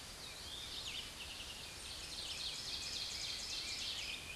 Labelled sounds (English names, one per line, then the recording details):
Ovenbird song
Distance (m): 50 m
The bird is about level with the microphone
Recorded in a Pennsylvania forest on 16 May 2024 at 07:33
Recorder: AudioMoth, point MSD-2287
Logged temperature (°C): 11.2 °C
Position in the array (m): 168 m, -24 m